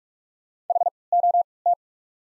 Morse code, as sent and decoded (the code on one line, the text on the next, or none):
.... / --- / -
H O T